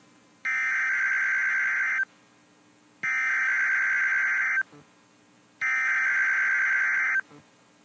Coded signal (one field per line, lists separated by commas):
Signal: Emergency Alert System (SAME) tones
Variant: header bursts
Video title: EAS #2,340-2,346 Required Weekly Tests 10/22/25